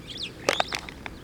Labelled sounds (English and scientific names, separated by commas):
Superb Starling (Lamprotornis superbus) flight call